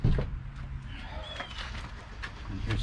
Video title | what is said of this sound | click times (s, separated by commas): Givi Rack & Givi Trunk Install Part 3 | and here's the trunk you heard the click it's | 2.7 s